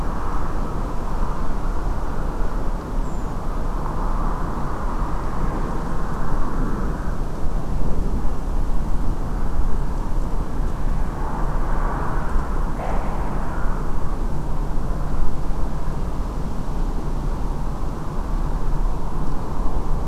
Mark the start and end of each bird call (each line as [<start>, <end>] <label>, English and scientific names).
[3.03, 3.32] Redwing (Turdus iliacus)